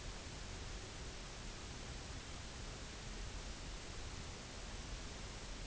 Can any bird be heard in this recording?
no